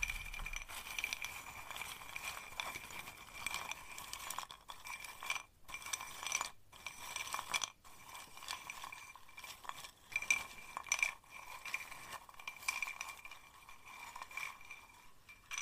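Small objects — a glass bottle, duct tape, safety pins and a seashell — are handled in a steady stream of light rattling, clinking and scraping. Bright tinkling accents stand out around 10 to 13 seconds, and a few short silent gaps break the sound near 5.5, 6.5 and 7.5 seconds.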